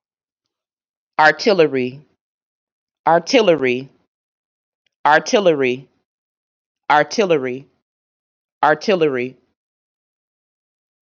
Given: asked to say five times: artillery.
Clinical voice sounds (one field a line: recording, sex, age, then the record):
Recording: repeated word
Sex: female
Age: 30 to 39 years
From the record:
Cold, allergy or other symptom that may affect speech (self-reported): no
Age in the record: 35 years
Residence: United States